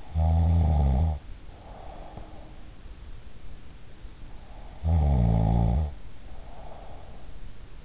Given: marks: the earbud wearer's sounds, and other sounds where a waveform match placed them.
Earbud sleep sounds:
sounds in sleep by an in-ear microphone; snoring breath
0.09-2.73 s: snoring breath
4.81-7.85 s: snoring breath

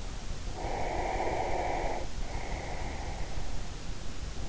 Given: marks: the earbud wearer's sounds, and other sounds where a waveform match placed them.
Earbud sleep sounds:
sounds in sleep by an in-ear microphone; breath
0.79-4.12 s: breath

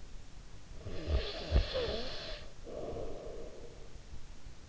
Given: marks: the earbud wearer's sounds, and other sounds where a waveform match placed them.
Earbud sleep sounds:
sounds in sleep by an in-ear microphone; snoring breath
0.67-3.82 s: snoring breath

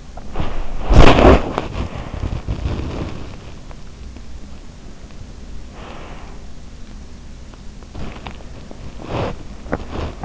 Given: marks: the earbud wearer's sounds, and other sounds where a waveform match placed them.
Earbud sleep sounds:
sounds in sleep by an in-ear microphone; body movement, breath
0.33-3.23 s: body movement
5.63-6.48 s: breath
7.84-10.25 s: body movement

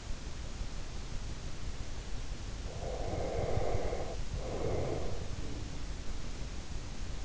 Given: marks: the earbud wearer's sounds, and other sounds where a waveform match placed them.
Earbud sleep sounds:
sounds in sleep by an in-ear microphone; breath
2.76-5.36 s: breath

